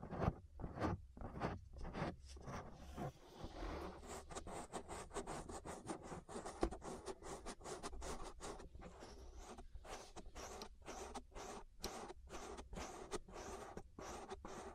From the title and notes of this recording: ASMR Relaxing Ear Massage That'll Put You to Sleep (No Talking).